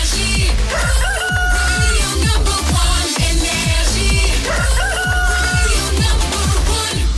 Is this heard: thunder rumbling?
no